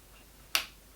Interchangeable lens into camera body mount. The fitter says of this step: So there, it's clicked, so it's mounted.